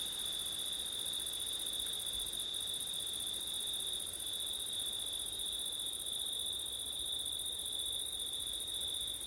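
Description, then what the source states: Crickets chirr continuously in a bright high drone with two stacked tones, the upper one breaking briefly once, over a soft background hiss. Crickets on a September night, with wind; ortif (ORTF) microphone setup.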